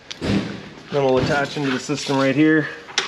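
Someone talks while handling a propane hose's quick-connect coupling at the outside-kitchen gas supply port of a 2020 RPOD 179 trailer, with brief sharp sounds near 0.1 s and 3.0 s. Nothing has seated or locked into place yet.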